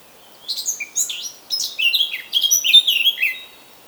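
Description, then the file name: Eurasian blackcap warbling song, a hurried jumble of twittering and clearer whistled notes running for about three seconds. "Sylvia atricapilla"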